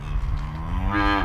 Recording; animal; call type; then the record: contact call of a hoofed animal; cattle; low-frequency (closed-mouth) or high-frequency (open-mouth) call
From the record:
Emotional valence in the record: negative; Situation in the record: full separation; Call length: 1.24 s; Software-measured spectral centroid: 1500 Hz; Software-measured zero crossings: 960 a second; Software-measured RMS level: -24 dBFS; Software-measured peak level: -7 dBFS